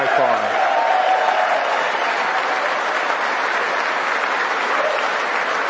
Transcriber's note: cheers and applause